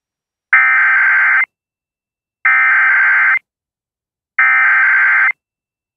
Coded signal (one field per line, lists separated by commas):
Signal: Emergency Alert System (SAME) tones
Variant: header bursts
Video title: East Coast Chaos Episode 23: A Chaotic Marginal - 4/20/2024